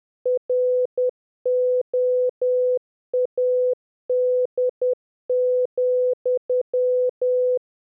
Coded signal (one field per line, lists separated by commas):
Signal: Morse code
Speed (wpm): 10 wpm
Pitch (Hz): 500 Hz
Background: none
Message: ROAD,